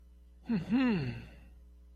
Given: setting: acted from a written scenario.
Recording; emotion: vocal sound without words; interest